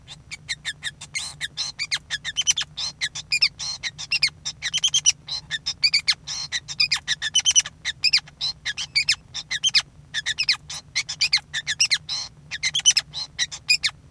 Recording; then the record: song of a male Bengalese finch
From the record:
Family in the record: son of father 5